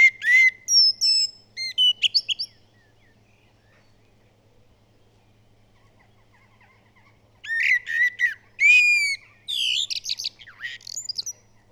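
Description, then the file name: Common blackbird song: melodious whistled notes followed by sharp high chirps and a squeaky trill, two phrases with a pause of about five seconds between them. "Turdus merula"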